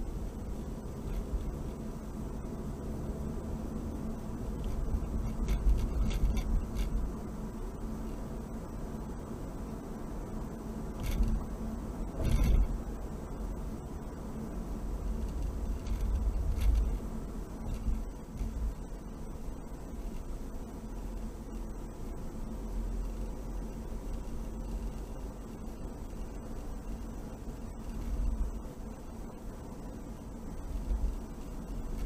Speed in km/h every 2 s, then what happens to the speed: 39, 47, 50, 52, 53, 55, 53, 52, 52, 50, 50, 52, 53, 53, 53, 53.
0-7 speeds up to 53. 7-32 steady at about 53.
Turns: none.